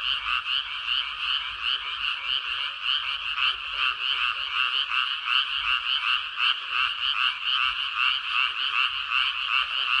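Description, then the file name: Many frogs croaking at once, a rapid, even rattling chorus that holds steady throughout. Recorded on 13 May 2022. "20220513 개구리"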